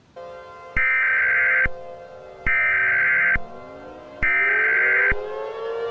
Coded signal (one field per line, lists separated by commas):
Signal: Emergency Alert System (SAME) tones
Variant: header bursts